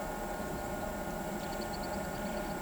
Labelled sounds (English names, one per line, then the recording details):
none
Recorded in pastures near Pivijay, Magdalena, Colombia, on 13 April 2023 at 07:00
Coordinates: 10.456, -74.369
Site P6-G026